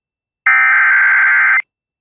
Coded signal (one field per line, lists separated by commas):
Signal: Emergency Alert System (SAME) tones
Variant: header bursts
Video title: Short But Sweet EAS Alerts From 5/12/24 EAS #641-651